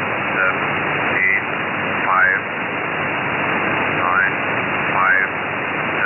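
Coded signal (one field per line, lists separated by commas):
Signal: numbers station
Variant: E06, English male voice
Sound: a faint male voice speaks short separate words through heavy shortwave hiss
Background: radio static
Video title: E06 English Man 06/05/2023 1330 UTC 11128kHz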